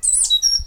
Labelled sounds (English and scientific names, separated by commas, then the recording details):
Stitchbird (Notiomystis cincta) song
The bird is a male
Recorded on Tiritiri Matangi Island, New Zealand, in 2005
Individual 8, of nest box 10